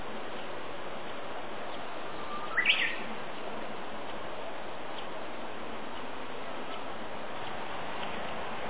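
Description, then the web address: Japanese bush warbler: a single short phrase, a held whistle then a quick upward twist, set against a continuous hissing background. April 2018. "itoshikimono 2018 04 UGUISU TANIWATARI"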